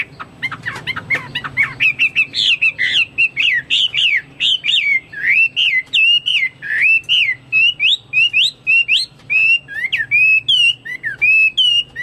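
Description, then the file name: Chinese hwamei pouring out a continuous song of loud, melodic whistles, each phrase sliding up and down, with brief high chips mixed in. "omkicau hwamei"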